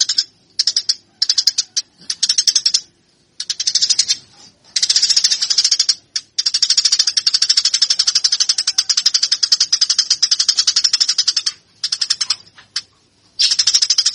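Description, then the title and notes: Eurasian tree sparrow chattering in fast, buzzy bursts of high chirps, with several short gaps between long runs. Fighting (tarung) sparrow calls. "GEREJA TARUNG. burung gereja"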